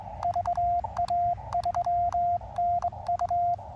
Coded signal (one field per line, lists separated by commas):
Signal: Morse code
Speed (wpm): 21 wpm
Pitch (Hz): 690 Hz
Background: radio noise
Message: VA3NU